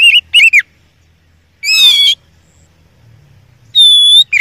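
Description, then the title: Oriental magpie-robin song: two loud wavering whistles, a rasping burst, then after a quiet gap one long, steady, clear whistled note. Indonesian songbird training (masteran) recording of an oriental magpie-robin, described as a first-place champion. "Masteran Kacer Juara 1"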